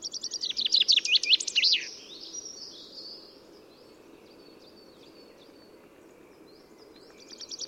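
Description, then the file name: Common chaffinch song: a quick run of sharp notes ending in a flourish, then quiet with soft bird calls, and a new song beginning at the end. "Fringilla coelebs"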